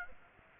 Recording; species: mosquito wingbeat signal from an infrared sensor; Aedes aegypti